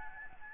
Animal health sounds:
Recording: mosquito wingbeat signal from an infrared sensor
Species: Aedes albopictus

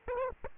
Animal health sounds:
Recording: mosquito wingbeat signal from an infrared sensor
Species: Aedes aegypti

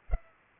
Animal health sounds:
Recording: mosquito wingbeat signal from an infrared sensor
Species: Culex pipiens

